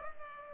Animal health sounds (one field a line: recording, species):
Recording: mosquito wingbeat signal from an infrared sensor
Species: Culex pipiens